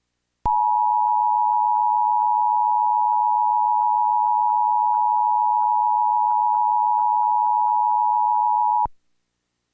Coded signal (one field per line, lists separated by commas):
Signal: Emergency Alert System (SAME) tones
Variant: 853 and 960 Hz attention tone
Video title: EAS # 52 - N. Tennessee Tornado Warning